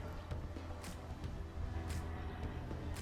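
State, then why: Not seated. The small plastic electrical connector on the alternator sensor wire of a Toyota Camry is being handled toward the alternator socket during alternator reinstallation, over a steady low hum with music in the background. Nothing has seated or clicked yet.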